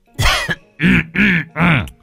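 A man coughs and clears his throat inside a house in four rough, loud bursts: one harsh hacking cough followed by three deeper, grunting throat-clearing rasps, with short pauses between them.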